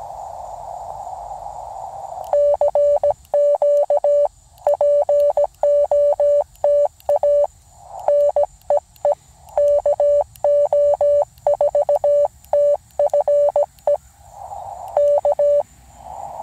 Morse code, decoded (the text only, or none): CQ POTA NEE KO4TFE K